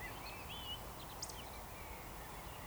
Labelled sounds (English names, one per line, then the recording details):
Eurasian Woodcock whistle
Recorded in Baden-Württemberg, Germany, on 14 June 2020 at 19:28 UTC
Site 43791, 788 m above sea level